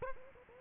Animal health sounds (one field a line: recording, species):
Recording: mosquito wingbeat signal from an infrared sensor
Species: Aedes aegypti